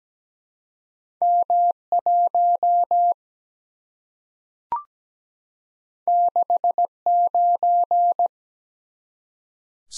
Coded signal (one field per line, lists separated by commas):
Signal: Morse code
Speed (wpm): 17 wpm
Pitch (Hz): 700 Hz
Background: none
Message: M 1 6 9